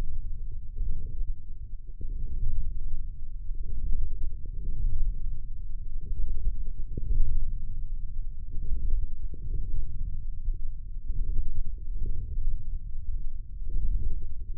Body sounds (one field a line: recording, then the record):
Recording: forearm muscle sounds (acoustic myography)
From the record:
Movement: wrist flexion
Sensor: system 1, eight BSWA MPA416 microphones around the upper forearm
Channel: 6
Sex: male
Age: 20 years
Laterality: left